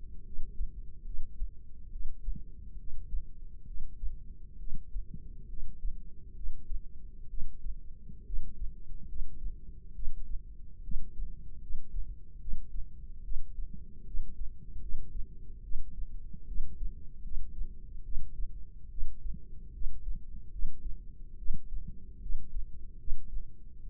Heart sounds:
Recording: heart sounds by microphone in the left ear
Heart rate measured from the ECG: 71 bpm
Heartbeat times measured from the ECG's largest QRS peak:
0.24 s: heartbeat
1.04 s: heartbeat
1.90 s: heartbeat
2.77 s: heartbeat
3.66 s: heartbeat
4.58 s: heartbeat
5.48 s: heartbeat
6.34 s: heartbeat
7.28 s: heartbeat
8.25 s: heartbeat
9.07 s: heartbeat
9.94 s: heartbeat
10.83 s: heartbeat
11.60 s: heartbeat
12.39 s: heartbeat
13.23 s: heartbeat
14.05 s: heartbeat
14.80 s: heartbeat
15.62 s: heartbeat
16.46 s: heartbeat
17.22 s: heartbeat
18.03 s: heartbeat
18.89 s: heartbeat
19.72 s: heartbeat
20.50 s: heartbeat
21.37 s: heartbeat
22.20 s: heartbeat
22.98 s: heartbeat
23.81 s: heartbeat
From the record:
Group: healthy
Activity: cold pressor test 0-21 s, rest 21-24 s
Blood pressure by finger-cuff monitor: 135/75 mmHg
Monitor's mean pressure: 94 mmHg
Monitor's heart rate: 71 bpm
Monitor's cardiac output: 6.8 L/min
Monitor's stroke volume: 93 mL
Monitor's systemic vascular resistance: 1020 dyn s/cm5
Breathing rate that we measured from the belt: 21 breaths a minute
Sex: female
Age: 22 years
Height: 154 cm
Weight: 58.7 kg

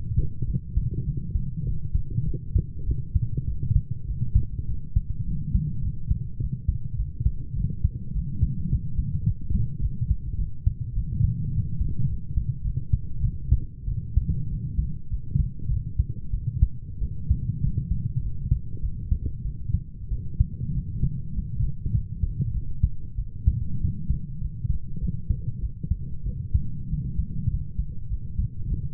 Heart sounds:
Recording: heart sounds by stethoscope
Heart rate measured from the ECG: 100 bpm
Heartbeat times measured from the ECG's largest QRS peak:
0.46 s: heartbeat
1.05 s: heartbeat
1.64 s: heartbeat
2.25 s: heartbeat
2.85 s: heartbeat
3.46 s: heartbeat
4.06 s: heartbeat
4.67 s: heartbeat
5.25 s: heartbeat
5.82 s: heartbeat
6.39 s: heartbeat
6.96 s: heartbeat
7.55 s: heartbeat
8.13 s: heartbeat
8.70 s: heartbeat
9.25 s: heartbeat
9.80 s: heartbeat
10.37 s: heartbeat
10.94 s: heartbeat
11.51 s: heartbeat
12.07 s: heartbeat
12.63 s: heartbeat
13.21 s: heartbeat
13.86 s: heartbeat
14.48 s: heartbeat
15.09 s: heartbeat
15.69 s: heartbeat
16.32 s: heartbeat
17.00 s: heartbeat
17.62 s: heartbeat
18.22 s: heartbeat
18.81 s: heartbeat
19.44 s: heartbeat
20.10 s: heartbeat
20.73 s: heartbeat
21.33 s: heartbeat
21.93 s: heartbeat
22.53 s: heartbeat
23.17 s: heartbeat
23.80 s: heartbeat
24.40 s: heartbeat
25.00 s: heartbeat
25.61 s: heartbeat
26.25 s: heartbeat
26.89 s: heartbeat
27.49 s: heartbeat
28.09 s: heartbeat
28.69 s: heartbeat
From the record:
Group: healthy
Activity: light exercise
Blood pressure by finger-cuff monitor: 126/75 mmHg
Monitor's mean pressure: 90 mmHg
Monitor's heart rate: 100 bpm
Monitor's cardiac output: 8 L/min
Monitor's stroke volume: 80 mL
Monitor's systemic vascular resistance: 830 dyn s/cm5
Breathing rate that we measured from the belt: 19 breaths a minute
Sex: female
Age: 22 years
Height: 160 cm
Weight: 63 kg

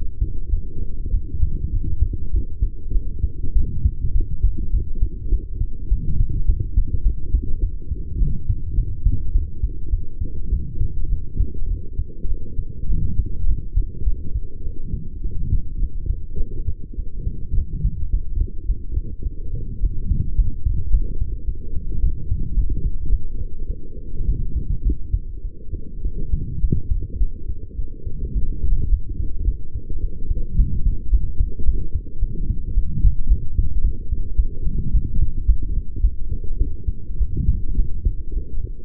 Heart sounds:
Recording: heart sounds by stethoscope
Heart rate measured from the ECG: 105 bpm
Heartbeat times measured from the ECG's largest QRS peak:
0.50 s: heartbeat
1.12 s: heartbeat
1.72 s: heartbeat
2.32 s: heartbeat
2.92 s: heartbeat
3.54 s: heartbeat
4.13 s: heartbeat
4.72 s: heartbeat
5.30 s: heartbeat
5.89 s: heartbeat
6.47 s: heartbeat
7.03 s: heartbeat
7.61 s: heartbeat
8.19 s: heartbeat
8.76 s: heartbeat
9.33 s: heartbeat
9.91 s: heartbeat
10.50 s: heartbeat
11.10 s: heartbeat
11.68 s: heartbeat
12.28 s: heartbeat
12.88 s: heartbeat
13.47 s: heartbeat
14.04 s: heartbeat
14.63 s: heartbeat
15.22 s: heartbeat
15.80 s: heartbeat
16.38 s: heartbeat
16.96 s: heartbeat
17.55 s: heartbeat
18.11 s: heartbeat
18.67 s: heartbeat
19.23 s: heartbeat
19.81 s: heartbeat
20.36 s: heartbeat
20.91 s: heartbeat
21.46 s: heartbeat
22.01 s: heartbeat
22.55 s: heartbeat
23.10 s: heartbeat
23.67 s: heartbeat
24.26 s: heartbeat
24.83 s: heartbeat
25.42 s: heartbeat
26.02 s: heartbeat
26.61 s: heartbeat
27.19 s: heartbeat
27.76 s: heartbeat
28.34 s: heartbeat
28.90 s: heartbeat
29.45 s: heartbeat
30.01 s: heartbeat
30.56 s: heartbeat
31.11 s: heartbeat
31.65 s: heartbeat
32.20 s: heartbeat
32.75 s: heartbeat
33.28 s: heartbeat
33.82 s: heartbeat
34.36 s: heartbeat
34.92 s: heartbeat
35.47 s: heartbeat
36.02 s: heartbeat
36.58 s: heartbeat
37.18 s: heartbeat
37.77 s: heartbeat
38.34 s: heartbeat
From the record:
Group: healthy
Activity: light exercise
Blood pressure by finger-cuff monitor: 124/97 mmHg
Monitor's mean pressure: 105 mmHg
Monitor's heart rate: 104 bpm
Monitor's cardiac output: 6.7 L/min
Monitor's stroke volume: 64 mL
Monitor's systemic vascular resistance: 1170 dyn s/cm5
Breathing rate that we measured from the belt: 27 breaths a minute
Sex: female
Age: 23 years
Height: 160 cm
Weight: 50.4 kg

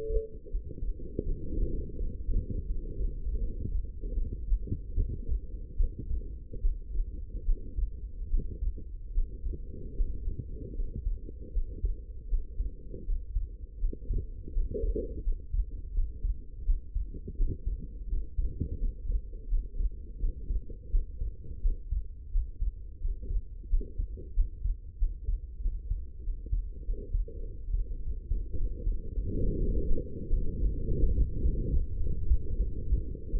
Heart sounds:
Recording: heart sounds by stethoscope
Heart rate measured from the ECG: 86 bpm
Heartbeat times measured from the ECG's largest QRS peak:
0.50 s: heartbeat
1.24 s: heartbeat
1.97 s: heartbeat
2.65 s: heartbeat
3.38 s: heartbeat
4.14 s: heartbeat
4.95 s: heartbeat
5.77 s: heartbeat
6.61 s: heartbeat
7.45 s: heartbeat
8.29 s: heartbeat
9.13 s: heartbeat
9.96 s: heartbeat
10.75 s: heartbeat
11.53 s: heartbeat
12.29 s: heartbeat
13.05 s: heartbeat
13.79 s: heartbeat
14.52 s: heartbeat
15.23 s: heartbeat
15.93 s: heartbeat
16.65 s: heartbeat
17.36 s: heartbeat
18.08 s: heartbeat
18.78 s: heartbeat
19.48 s: heartbeat
20.19 s: heartbeat
20.90 s: heartbeat
21.61 s: heartbeat
22.31 s: heartbeat
23.00 s: heartbeat
23.68 s: heartbeat
24.34 s: heartbeat
24.99 s: heartbeat
25.62 s: heartbeat
26.24 s: heartbeat
26.85 s: heartbeat
27.45 s: heartbeat
28.02 s: heartbeat
28.57 s: heartbeat
29.13 s: heartbeat
29.69 s: heartbeat
30.28 s: heartbeat
30.84 s: heartbeat
31.40 s: heartbeat
31.96 s: heartbeat
32.56 s: heartbeat
33.31 s: heartbeat
From the record:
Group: healthy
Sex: female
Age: 19 years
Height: 163 cm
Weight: 51 kg

